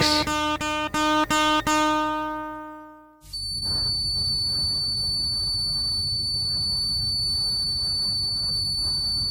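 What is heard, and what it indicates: Simulated tinnitus: an example of how tinnitus can sound, though it can also sound quite different. The noises are heard only by the affected person and arise in the brain, not in the ear.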